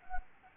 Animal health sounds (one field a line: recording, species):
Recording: mosquito wingbeat signal from an infrared sensor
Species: Anopheles gambiae